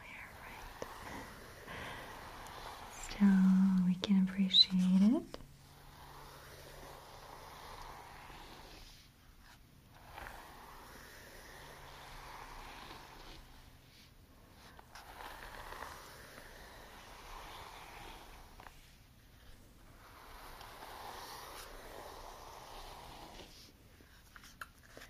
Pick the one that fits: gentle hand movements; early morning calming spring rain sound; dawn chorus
gentle hand movements